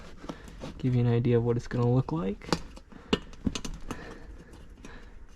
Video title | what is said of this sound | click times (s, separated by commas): Evo 9 Interior Refresh | So this one will pop into place really fast. | 0.3 s